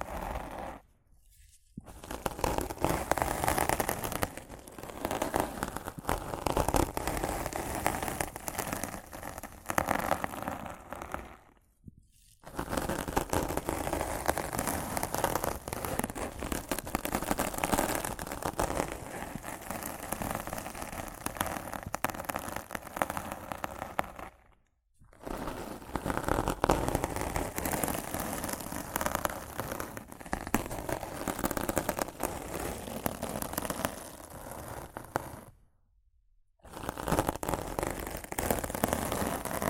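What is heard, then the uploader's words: Rough scratching and brushing on a microphone makes a dense, crackling rasp that fills every pitch from low rumble to bright hiss. The rubbing runs in long, steady stretches, broken by brief silences at roughly 1, 12, 24 and 36 seconds. ASMR Rough Mic Scratching & Brushing (No Talking).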